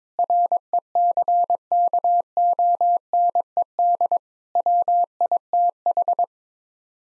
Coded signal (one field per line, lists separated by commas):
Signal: Morse code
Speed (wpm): 22 wpm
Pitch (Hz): 700 Hz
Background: none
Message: RECKONED WITH